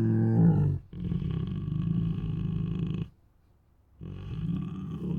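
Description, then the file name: Tiger moans and growls, low rumbling harmonic calls in three bursts, the middle one longest, separated by brief silences. Two tigers making moans and roars. "Two Tigers Make Many Moans, Roars and Snores [Sound Ideas]"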